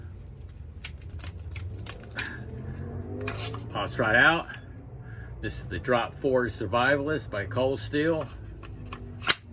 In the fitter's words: snaps right in there man I can't wait it to go